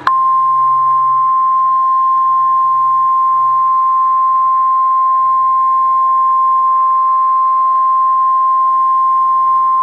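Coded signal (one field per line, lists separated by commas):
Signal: Emergency Alert System (SAME) tones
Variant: 1050 Hz attention tone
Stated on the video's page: Real NWS Norman severe thunderstorm warning for Oklahoma counties, recorded from an online weather radio stream for Oklahoma City.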